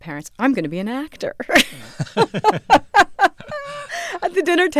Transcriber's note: laughter